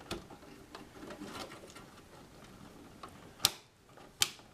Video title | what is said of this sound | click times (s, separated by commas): Computer Concepts - RAM | there we go you heard the clicks | 3.5 s, 4.2 s